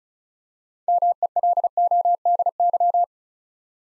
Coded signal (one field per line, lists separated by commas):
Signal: Morse code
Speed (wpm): 36 wpm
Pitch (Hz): 700 Hz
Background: none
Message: MELODY